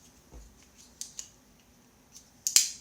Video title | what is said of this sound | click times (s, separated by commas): Gerber Order Fine Edge Satin Blade (Walmart Exclusive) | can hear that snap it's not overwhelming it's not a very stiff motion | 2.5 s, 2.6 s